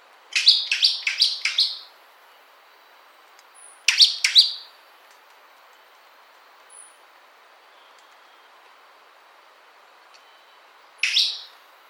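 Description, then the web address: Bird giving short bursts of sharp, high chirps, several notes at a time in quick series, then pausing several seconds before the next burst. "BIRD 2015 SABIOD"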